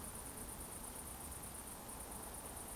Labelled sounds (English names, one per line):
Eurasian Woodcock whistle